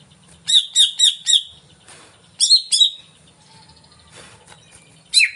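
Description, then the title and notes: Greater green leafbird song: quick series of four repeated bright notes, then a pair of sharp chatters and a final burst, over faint low hum. Cucak ijo song used as a lure (pancingan) to stimulate a caged bird to sing and perform when hung (gantang); bird described as gacor, singing vigorously. "Pancingan CUCAK IJO Mau Di Gantang. Cucak Ijo Gacor"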